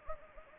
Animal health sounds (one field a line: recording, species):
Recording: mosquito wingbeat signal from an infrared sensor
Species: Anopheles gambiae